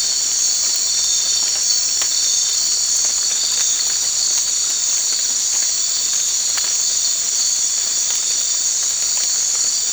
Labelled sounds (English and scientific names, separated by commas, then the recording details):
none
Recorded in dense forest near Puerto Asís, Putumayo, Colombia, on 19 March 2025 at 23:30
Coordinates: 0.485, -76.318
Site G056